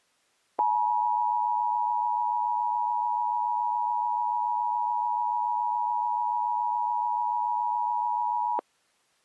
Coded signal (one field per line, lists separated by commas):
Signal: Emergency Alert System (SAME) tones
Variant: 853 and 960 Hz attention tone